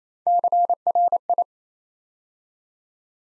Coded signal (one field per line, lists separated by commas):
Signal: Morse code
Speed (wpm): 29 wpm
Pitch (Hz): 700 Hz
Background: none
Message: CRI